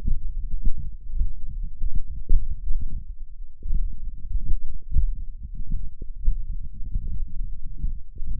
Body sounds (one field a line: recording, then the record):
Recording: forearm muscle sounds (acoustic myography)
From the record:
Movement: tripod grip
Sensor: system 1, eight BSWA MPA416 microphones around the upper forearm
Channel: 8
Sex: male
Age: 21 years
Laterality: right